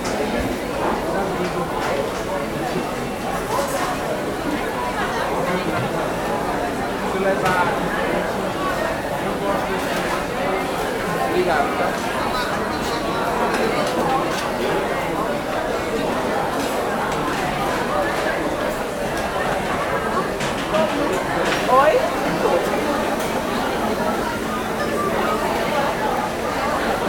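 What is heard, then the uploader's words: A crowded coffee shop hums with many overlapping voices, a dense, steady murmur of conversation with no single speaker standing out. Small clinks and taps of cups and dishes pop up throughout, and the level stays even across the whole stretch, with a slight swell near twenty-two seconds. Open Coffee Shop Crowded Ambience Thoughtful Place Pause at Work Tea House.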